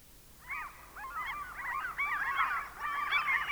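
Common Gull calls, several overlapping squealing cries rising and falling, growing from faint into a busy jumble.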